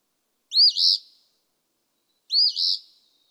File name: Eastern Phoebe